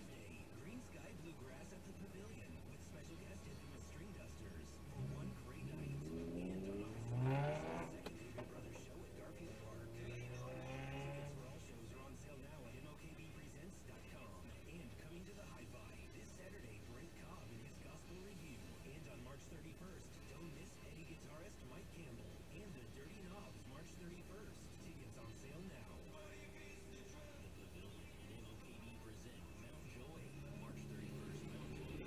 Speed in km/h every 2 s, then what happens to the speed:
0, 0, 0, 0, 0, 0, 0, 0, 0, 0, 0, 0, 0, 0, 0, 2.
0-30 standing.